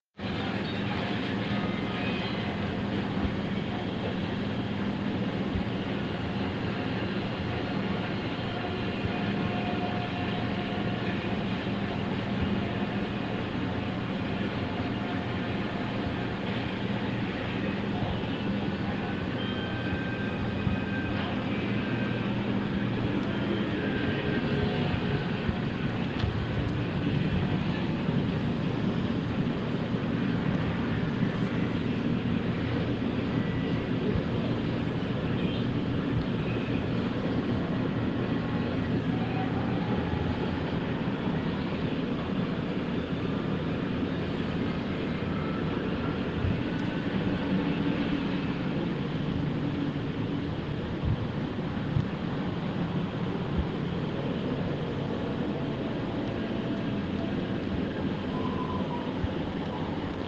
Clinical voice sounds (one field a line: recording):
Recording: hospital ward noise